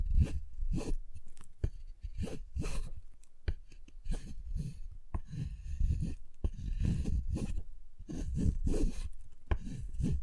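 A giant chocolate bar is handled with a steady run of low, dull knocks and short rasping scrapes, several per second. Sharp, bright clicks cut through now and then, near 1.6, 3.5, 5.1 and 6.4 seconds, like pieces snapping.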